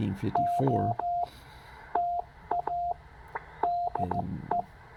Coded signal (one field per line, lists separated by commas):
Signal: Morse code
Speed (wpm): 15 wpm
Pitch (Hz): 700 Hz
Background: speech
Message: OTA DE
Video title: Stewart Forest State Park, K-5502. CW on the 21st of May 2023